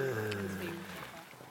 It's the sound of a snoring cheetah.